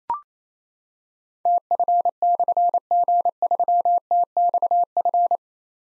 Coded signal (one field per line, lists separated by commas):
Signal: Morse code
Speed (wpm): 29 wpm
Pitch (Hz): 700 Hz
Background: none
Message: TF/G3TXF